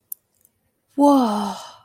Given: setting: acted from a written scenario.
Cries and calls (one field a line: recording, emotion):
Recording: vocal sound without words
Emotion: awe